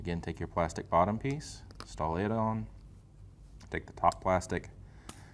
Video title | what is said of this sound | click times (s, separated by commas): Tresco by Rev-A-Shelf Top-Emitting Neoloop (N2) DIY Link Cord Installation by KitchenSource.com | push it on and again you'll hear a positive click when you | 5.1 s